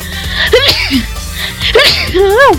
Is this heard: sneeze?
yes